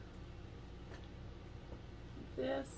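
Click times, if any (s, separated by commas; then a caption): none. A rivet post is fed through both layers of a punched faux leather bag strap and lined up before its cap is snapped on. Someone talks briefly near the end over a steady low hum. Nothing has seated or clicked yet.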